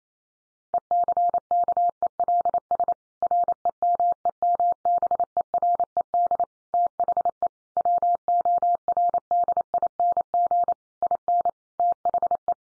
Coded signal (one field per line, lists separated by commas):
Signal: Morse code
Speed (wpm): 28 wpm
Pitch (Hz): 700 Hz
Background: none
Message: ECKELS REMEMBERED THE WORDING IN THE